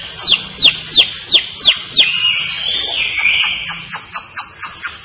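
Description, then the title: Long-tailed shrike song: a row of descending whistled notes, a smoother drawn-out whistle, then quick, evenly spaced high chips toward the end. Described as gacor. "Cendet Gacor"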